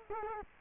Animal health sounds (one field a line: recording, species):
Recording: mosquito wingbeat signal from an infrared sensor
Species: Culex quinquefasciatus